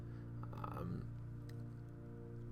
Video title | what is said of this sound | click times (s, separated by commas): Is Hellboy Dead? | For some reason, I thought it was going to be a hard plastic, but it is a flexible plastic tail, which pops right in the back. | 0.6 s